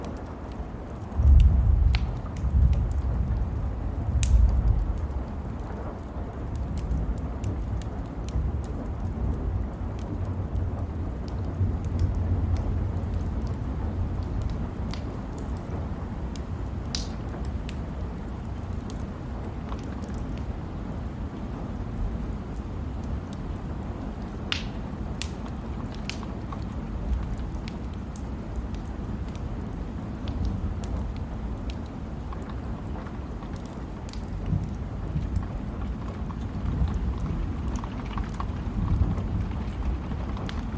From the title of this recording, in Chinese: 雨夜火炉